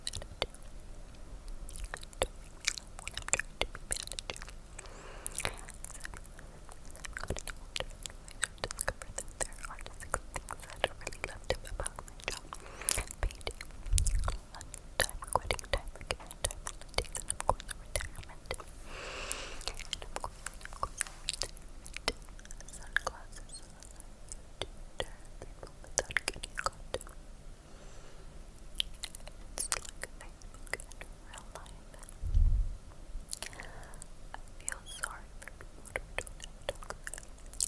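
Close, wet mouth sounds crackle densely and steadily from ear to ear, with soft clicks and faint breathy whispers, plus a louder thump near thirty-two seconds.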